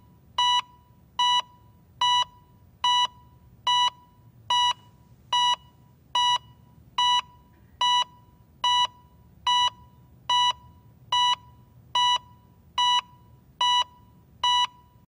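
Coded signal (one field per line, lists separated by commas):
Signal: none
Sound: a heart monitor's steady beeps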